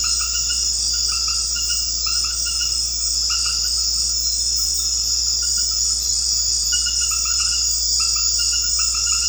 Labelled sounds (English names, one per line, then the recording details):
none
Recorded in secondary vegetation near Puerto Asís, Putumayo, Colombia, on 9 March 2025 at 21:00
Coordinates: 0.484, -76.319
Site G010